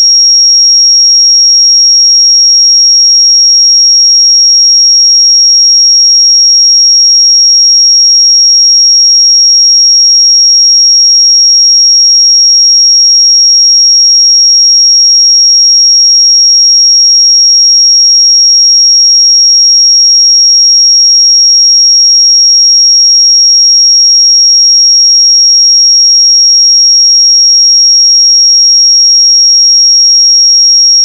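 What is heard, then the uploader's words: A pure 5593 Hz sine tone holds perfectly steady and unbroken for the whole half minute, high and thin, with nothing else present. 5593 Hz 1 Hz Interval Sine Pure Tone Frequency 441000 Sample Mono.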